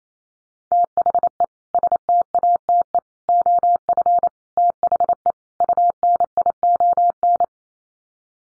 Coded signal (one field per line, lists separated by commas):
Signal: Morse code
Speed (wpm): 28 wpm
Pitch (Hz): 700 Hz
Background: none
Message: THE STATE OF THE UNION